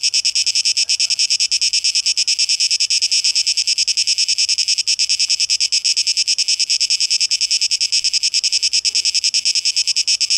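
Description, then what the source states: Cicadas singing, a loud continuous high buzz in fast pulses, steady throughout with faint low rumble beneath. Cicadas, 12 August 2023, tape echo mix.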